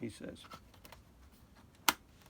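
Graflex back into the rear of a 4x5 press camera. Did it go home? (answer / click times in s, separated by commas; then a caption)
yes / 1.9 s. A Graflex back is slid into the two slots on the back of a Speed Graphic 4x5 press camera and pushed home while someone talks, with soft handling rustles and faint taps. A sharp, loud click at 1.9 seconds marks the back seating into place, followed by quiet.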